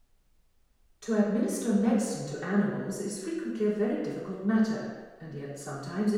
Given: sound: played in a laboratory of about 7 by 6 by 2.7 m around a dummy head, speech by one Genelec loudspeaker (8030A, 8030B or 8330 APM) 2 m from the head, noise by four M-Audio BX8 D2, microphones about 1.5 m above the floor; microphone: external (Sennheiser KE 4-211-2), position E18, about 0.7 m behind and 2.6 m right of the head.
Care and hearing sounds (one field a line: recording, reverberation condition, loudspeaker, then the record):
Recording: female speech in English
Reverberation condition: high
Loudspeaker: 90 degrees to the left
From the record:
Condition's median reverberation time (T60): about 1300 ms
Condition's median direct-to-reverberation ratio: about -4.0 dB